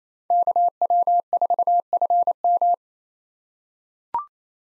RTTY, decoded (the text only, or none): none